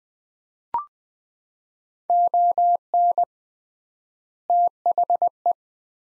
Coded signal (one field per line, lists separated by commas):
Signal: Morse code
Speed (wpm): 21 wpm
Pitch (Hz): 700 Hz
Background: none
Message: ON THE